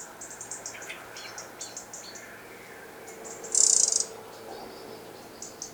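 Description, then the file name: Eurasian wren call: one loud buzzy churr in the middle, framed by soft, rapid high ticking notes. "Troglodytes troglodytes"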